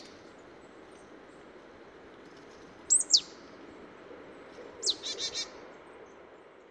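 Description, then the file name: Marsh tit giving a brief sharp downslurred call, then after a pause a high note followed by three short buzzy notes, over faint steady background hiss. "Poecile palustris"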